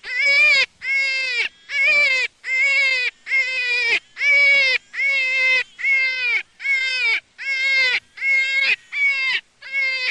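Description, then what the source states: Jackrabbit squealing: a continuous series of loud, harmonic cries, closely spaced and repeated about once a second. Juvenile.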